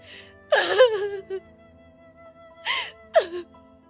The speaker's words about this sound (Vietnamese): Cha nói rất to nên có lẽ dì Tuyết nghe được, tiếng khóc lạc giọng lại vang lên.